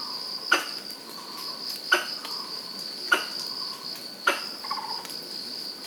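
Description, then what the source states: Pallas's squirrel calls: abrupt, clicking chuck notes repeated at fairly regular intervals, some followed by a brief tonal trailing note, over a steady high hum. Recorded in Pingtung, Taiwan, on 19 March 2017.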